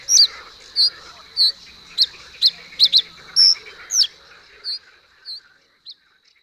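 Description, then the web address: Common reed bunting gives a sequence of thin, high chips and short downslurs, then slows to scattered single notes and fades out. "agykontroll Madardalok Cd 3. Nádi sármány"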